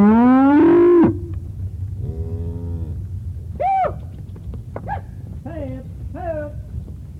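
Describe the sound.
Cow calls: a loud rising moo to start, followed by a softer moo and several short bellowed calls above a steady low rumble.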